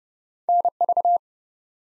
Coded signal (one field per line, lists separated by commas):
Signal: Morse code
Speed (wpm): 30 wpm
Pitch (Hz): 700 Hz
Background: none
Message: NV